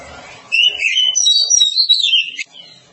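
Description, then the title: Oriental magpie-robin song: a short two-second burst of loud, high whistled and slurred notes, then quiet. Long-duration recording. "Kacer"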